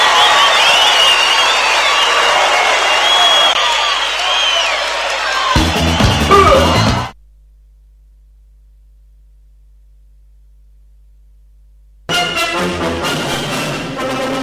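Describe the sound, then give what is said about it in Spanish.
Loud, dense audience applause mixed with cheering and shouts for about seven seconds, for a choir, then an abrupt cut to silence before different busy sound starts again near the end. “aplauso grande para el coro ….”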